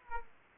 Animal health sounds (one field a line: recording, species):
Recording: mosquito wingbeat signal from an infrared sensor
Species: Aedes aegypti